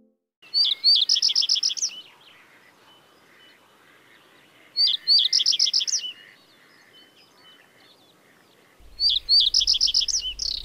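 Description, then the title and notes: Common Reed Bunting song: three short high phrases of several chirps, about four seconds apart. "Pajusirkku. Viikon luontoäänen esitteli Hannu Jännes"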